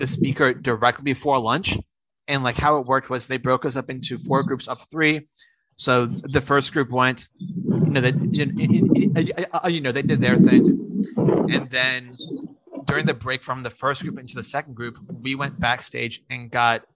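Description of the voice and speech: An adult man who stutters speaks conversationally, with stretched word endings, a repeated phrase ("you know they… you know they") and frequent mid-sentence pauses. These prolongations, repetitions and hesitations fit stuttering, a speech fluency disorder, in a man who speaks publicly on the topic of stuttering.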